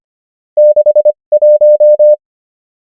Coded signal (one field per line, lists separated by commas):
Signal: Morse code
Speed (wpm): 25 wpm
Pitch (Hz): 600 Hz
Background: none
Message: 61